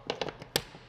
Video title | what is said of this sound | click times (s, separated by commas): Shasta College Diesel Tech: Setting a Relief Valve | You'll notice you hear that clicking sound as it goes in there. | 0.6 s